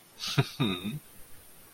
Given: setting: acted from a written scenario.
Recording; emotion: vocal sound without words; romantic love